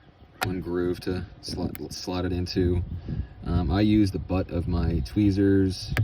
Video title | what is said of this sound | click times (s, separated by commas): iPhone 11 back glass + housing replacement: DIY repair | you'll hear a little click you might have just heard that and then that's that | 0.4 s